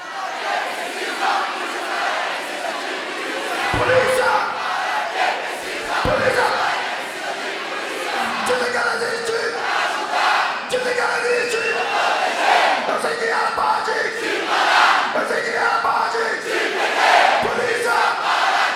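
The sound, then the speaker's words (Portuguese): A large crowd shouts a chant at a concert, a loud, dense roar of many voices with repeated rhythmic surges of yelling that hold steady throughout. “Não tô muito rock and roll, não, quero ver vocês gritando de verdade agora.”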